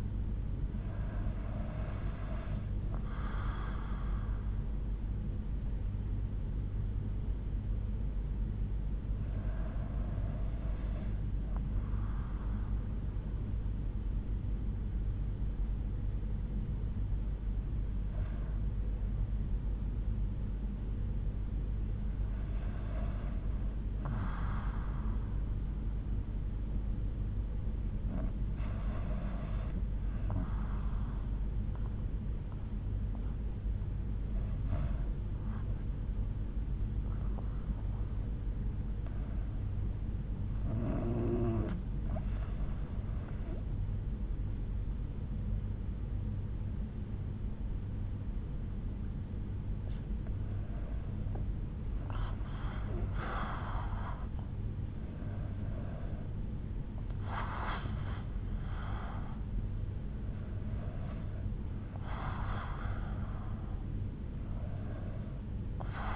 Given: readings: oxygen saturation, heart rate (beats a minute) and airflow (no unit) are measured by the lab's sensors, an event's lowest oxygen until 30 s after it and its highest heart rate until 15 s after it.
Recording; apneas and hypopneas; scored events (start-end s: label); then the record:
breathing in sleep by a smartphone at the bedside; 1
17.00-47.90 s: hypopnea (REM, oxygen 95% highest, then 93% lowest, heart rate 64 at the start, 80 highest)
From the record:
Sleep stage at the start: REM sleep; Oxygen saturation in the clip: 83 to 95%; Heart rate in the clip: 62 to 80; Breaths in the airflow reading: 11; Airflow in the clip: -6.0 to 7.3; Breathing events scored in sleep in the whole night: 368 in 8.0 hours asleep